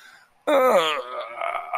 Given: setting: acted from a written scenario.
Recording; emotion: vocal sound without words; contentment